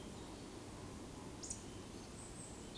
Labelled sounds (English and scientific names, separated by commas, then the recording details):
Eurasian Woodcock (Scolopax rusticola) whistle
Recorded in Baden-Württemberg, Germany, on 28 May 2020 at 19:54 UTC
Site 31917, 145 m above sea level